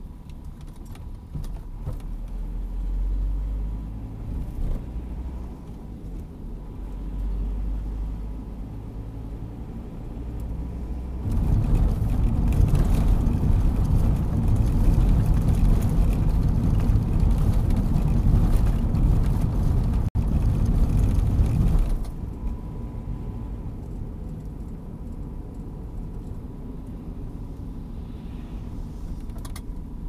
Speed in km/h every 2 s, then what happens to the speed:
21, 28, 35, 37, 44, 48, 50, 49, 50, 47, 42, 42, 41, 37, 28.
0-12 speeds up to 50. 12-30 slows to 28.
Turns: none.